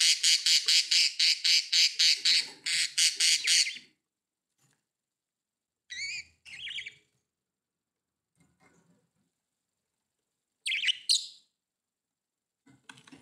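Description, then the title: Budgerigar giving a burst of rapid harsh squawks for about four seconds, followed by a few short chirps separated by pauses. "Budgie Sounds"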